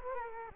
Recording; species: mosquito wingbeat signal from an infrared sensor; Culex quinquefasciatus